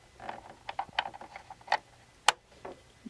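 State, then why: Seated. A sewing machine's bobbin hook assembly is set into the bobbin area flat side and bottom hook down first, with a series of small ticks and taps as it is worked in. It is pressed until it pops into place with a sharp click at 2.3 s, seating the hook assembly.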